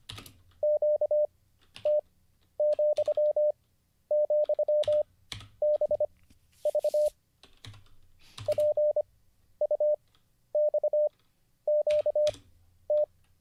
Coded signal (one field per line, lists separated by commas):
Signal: Morse code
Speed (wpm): 25 wpm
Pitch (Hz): 600 Hz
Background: none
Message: QT,,BV PUXQT